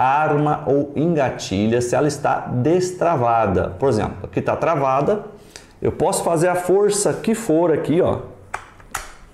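Someone talks while forcing the cocking mechanism of a Caçadora PCP air carbine with the safety engaged, and short straining mechanical knocks come near the end at about 8.5, 8.8 and 9.0 seconds. The carbine does not latch or cock because the trigger is locked by the safety, and nothing has seated or clicked yet.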